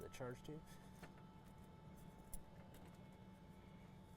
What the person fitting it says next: You kind of feel it pop into place.